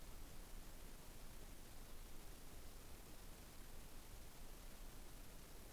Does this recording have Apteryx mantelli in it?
no